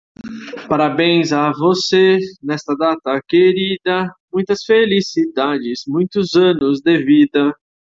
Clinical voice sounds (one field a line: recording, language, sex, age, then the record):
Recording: short text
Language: Brazilian Portuguese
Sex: male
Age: 40 to 49 years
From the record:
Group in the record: control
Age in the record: 44 years